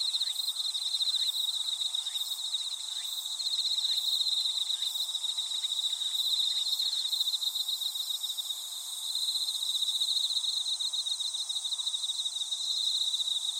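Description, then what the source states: Insects trilling in a constant shrill chorus, with a run of soft, rapidly repeated lower clicks or chirps beneath during the first half. Insects calling in a grassy patch.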